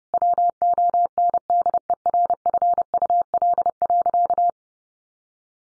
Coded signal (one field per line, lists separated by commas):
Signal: Morse code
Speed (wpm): 30 wpm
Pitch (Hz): 700 Hz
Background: none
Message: WONDERFUL.